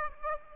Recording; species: mosquito wingbeat signal from an infrared sensor; Aedes aegypti